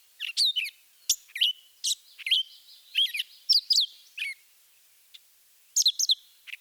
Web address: Birding by Ear, Eastern and Central North America - Peterson Guides 2009 Mimics Northern Mockingbird